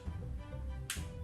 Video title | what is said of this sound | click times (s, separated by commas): Máy khoan búa Hitachi DH28PCY bán giá tốt, 0888571179, HIMARKET | Các bạn nghe tiếng tách rồi thì đây là chế độ khoan thường. | 0.9 s